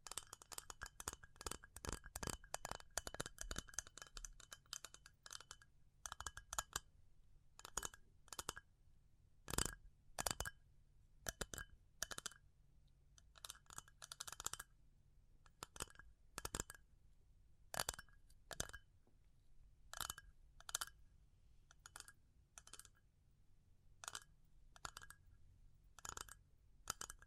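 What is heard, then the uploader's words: Tapping in sharp, clicky strikes, fast and dense over the first six seconds, then slowing to spaced single taps and short bursts for the rest. Each tap is crisp and bright, a bit like keyboard keys or coins clinking, over a faint low hum. ASMR Pure Tapping Fast and Slow (No Talking).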